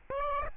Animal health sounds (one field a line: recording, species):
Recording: mosquito wingbeat signal from an infrared sensor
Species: Aedes albopictus